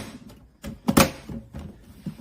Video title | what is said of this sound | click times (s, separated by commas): SNEAKER BOTS ,EVERYTHING U NEED TO KNOW FROM BEGINNERS TO EXPERTS! BOTTING 101 & NFT | and it should just snap right in | 0.9 s